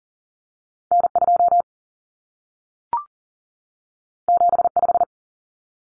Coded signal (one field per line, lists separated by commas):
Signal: Morse code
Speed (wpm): 40 wpm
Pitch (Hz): 700 Hz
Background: none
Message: N2 75